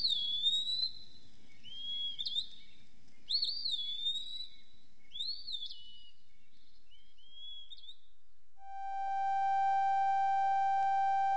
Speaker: Du fait d'un grand érable où il a établi son nid, le pioui de l'Est, un petit moucherol aux couleurs sobres, livre son chant d'aurore.